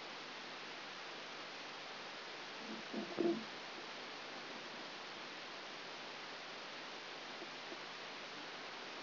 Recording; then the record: brain microelectrode recording played as sound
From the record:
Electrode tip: outside the subthalamic nucleus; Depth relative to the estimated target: -4 mm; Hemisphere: right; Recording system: AlphaMap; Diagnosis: Parkinson's disease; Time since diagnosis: 11 years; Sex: female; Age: 60 years